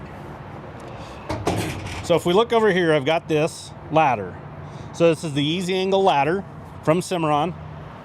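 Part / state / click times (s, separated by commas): folding ladder latching into its trailer mount / not seated / none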